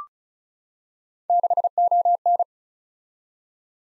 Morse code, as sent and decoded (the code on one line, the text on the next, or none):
-.... --- -.
6ON